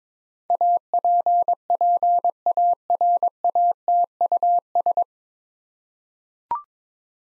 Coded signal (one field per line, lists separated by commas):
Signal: Morse code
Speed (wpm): 21 wpm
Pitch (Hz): 700 Hz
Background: none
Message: APPARATUS